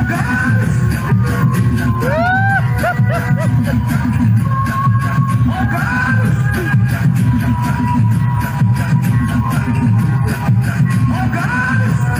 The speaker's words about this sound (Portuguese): O cara fica gritando que nem um animal no cio, bicho. É, e não dá nem pra falar qual animal, porque aí pega mal também.